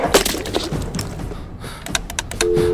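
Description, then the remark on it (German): A telephone receiver is dragged off a desk by its cord, producing a rapid series of sharp plastic clatters and knocks, followed at the end by a steady, low-pitched electronic tone. “Panisch tastete er mit seiner Hand nach Rose Telefon, das er über sich auf dem Schreibtisch vermutete.”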